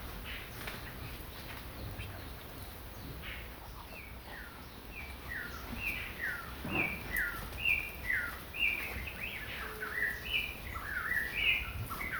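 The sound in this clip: Eastern whip-poor-will song starting quietly, then its snappy whistled phrases grow clearer and repeat about every second through the rest.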